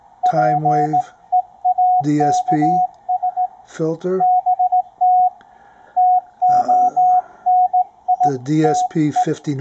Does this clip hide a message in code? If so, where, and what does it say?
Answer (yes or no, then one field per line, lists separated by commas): yes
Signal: Morse code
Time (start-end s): 0.2-9.2 s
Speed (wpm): 17 wpm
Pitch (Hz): 730 Hz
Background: speech, radio noise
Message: PEAKS BT TONITE